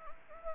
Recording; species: mosquito wingbeat signal from an infrared sensor; Anopheles gambiae